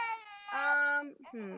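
Two short, high-pitched wailing cries from a newborn girl during breastfeeding, the first higher and sustained, the second dropping lower, with a brief catch and a fussy whimper between them. An upset, angry, protesting infant cry as she refuses the nipple.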